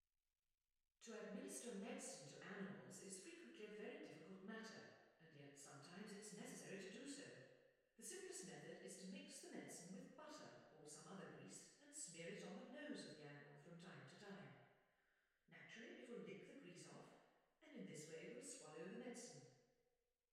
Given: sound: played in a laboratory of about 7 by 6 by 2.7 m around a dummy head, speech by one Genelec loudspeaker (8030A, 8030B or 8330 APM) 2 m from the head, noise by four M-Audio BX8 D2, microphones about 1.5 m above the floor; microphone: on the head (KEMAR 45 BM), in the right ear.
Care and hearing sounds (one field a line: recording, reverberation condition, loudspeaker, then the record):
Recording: female speech in English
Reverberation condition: high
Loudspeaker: 120 degrees to the left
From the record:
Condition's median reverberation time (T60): about 1300 ms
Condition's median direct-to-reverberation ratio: about -4.0 dB